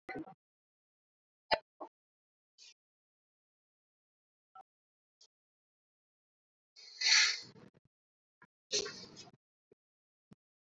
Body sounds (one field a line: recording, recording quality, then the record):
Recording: deep breathing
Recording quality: moderate, slight background noise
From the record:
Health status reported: COVID-19 positive, mild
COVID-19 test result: positive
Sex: female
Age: 52 years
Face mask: not worn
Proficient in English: yes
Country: India